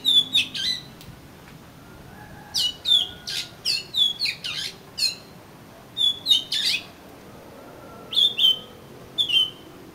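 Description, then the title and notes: Oriental magpie-robin song of sharp whistled notes and harsh chips in irregular bursts, with pauses between clusters over ten seconds. "suara kacer. kumpulan suara burung kacer"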